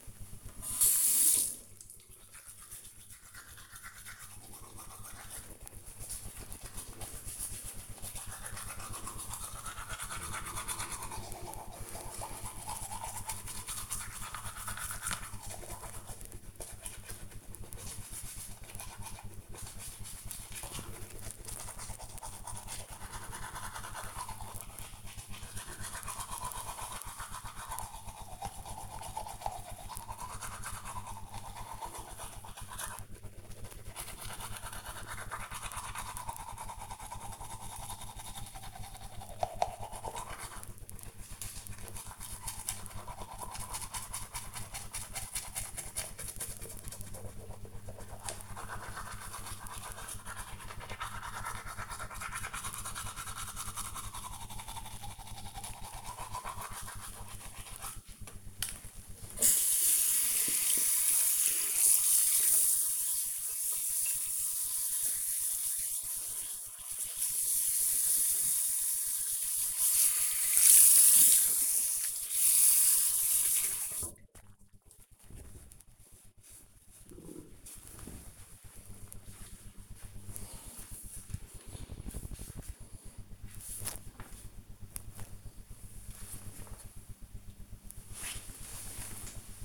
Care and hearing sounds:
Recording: household activities, microphone on the right wrist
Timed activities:
0.00-73.87 s: brushing teeth

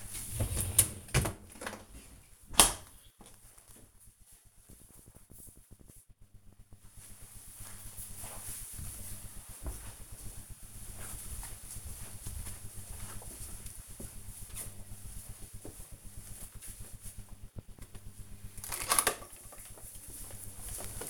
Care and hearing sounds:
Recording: household activities, microphone on the right wrist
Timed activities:
0.00-2.48 s: cleaning out the dishwasher
17.54-21.10 s: vacuum cleaning

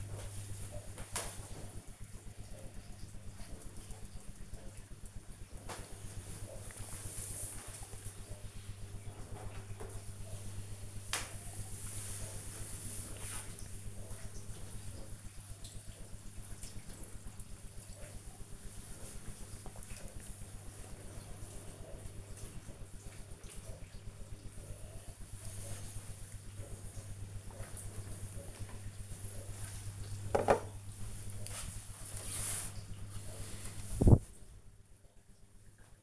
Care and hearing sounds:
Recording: household activities, microphone on the right wrist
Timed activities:
0.00-27.59 s: drinking

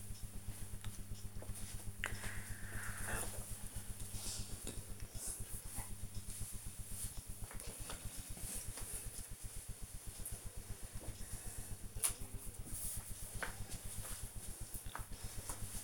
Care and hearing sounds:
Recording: household activities, microphone on the right wrist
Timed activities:
none

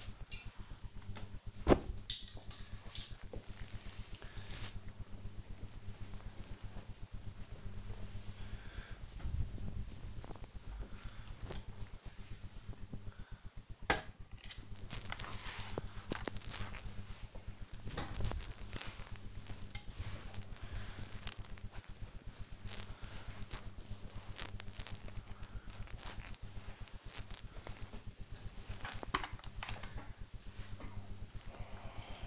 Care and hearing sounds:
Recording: household activities, microphone on the right wrist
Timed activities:
27.18-32.27 s: ironing laundry

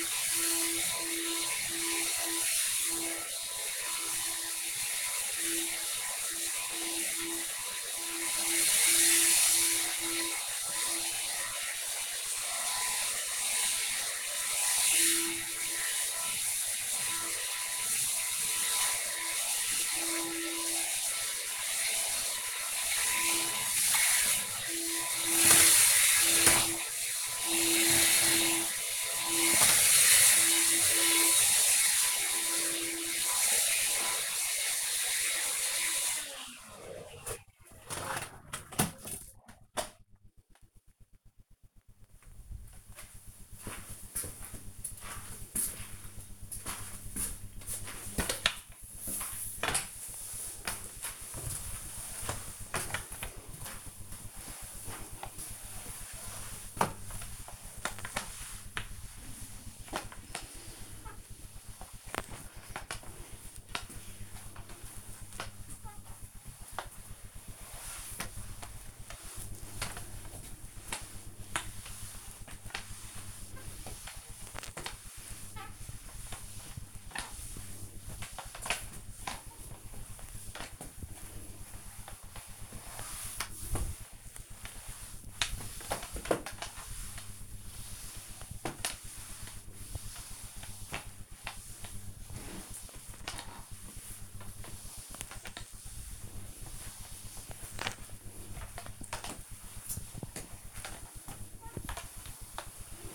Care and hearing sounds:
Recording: household activities, microphone on the right wrist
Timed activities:
0.00-35.56 s: vacuum cleaning
46.64-103.15 s: floor cleaning

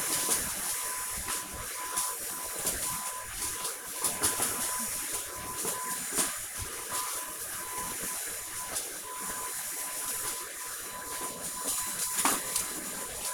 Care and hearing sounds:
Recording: household activities, microphone on the right wrist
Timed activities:
0.00-13.34 s: vacuum cleaning

